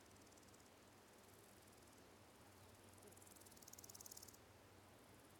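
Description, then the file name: Cicada buzzing, a thin high pulsed drone that swells into a louder burst late and then stops, over a soft low hum. Countryside ambience with quiet fields and slow cicadas close by; spatial audio. "Ambience, Countryside, Quite Fields, Slow Cicadas, Close, Fly"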